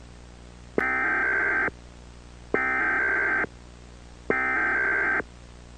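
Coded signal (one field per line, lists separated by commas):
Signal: Emergency Alert System (SAME) tones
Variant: header bursts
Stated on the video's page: Mock Texas required monthly test made with an EASyPLUS screen, using a daisy-chain audio effect.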